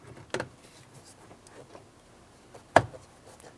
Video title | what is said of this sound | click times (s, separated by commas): How to Replace Rear Slider Door Window Switch 2008-2016 Chrysler Town & Country | as you can tell looking at this, it's not fully seated yet. Continue on until it is. | 0.3 s, 2.8 s